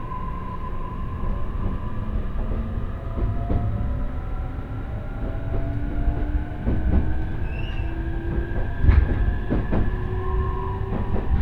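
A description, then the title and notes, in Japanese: A train runs along the Tohoku Main Line with a steady low rumble, gliding whining tones, and occasional clacks and thumps, especially near the end. 鉄道旅 東北本線 黒磯→新白河。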